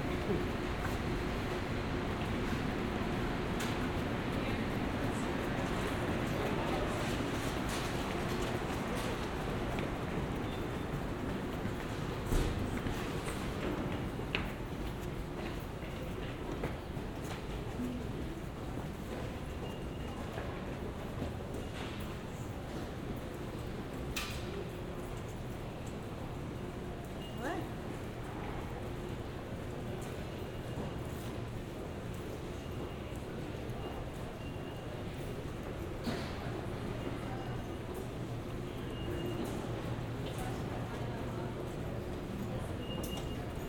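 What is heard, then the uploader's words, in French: A Montreal metro underground passage in winter, filled with a steady, dense murmur of voices and movement. A low rumble runs throughout with faint hums, while brief clicks and knocks pop up every few seconds, notably around 12, 24 and 36 seconds. Balade binaural dans le Montréal de l'hiver. Le métro, et la vie dans les souterrains du métro.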